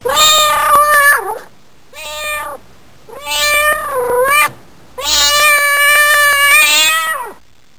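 Cat meowing, four drawn-out harmonic meows, the first and last long with a wavering pitch, short pauses between them.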